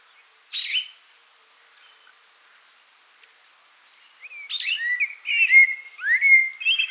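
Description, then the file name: Common blackbird song: one sharp high squeak, several seconds of quiet, then a flowing fluted warble with sliding whistled notes. "Turdus merula"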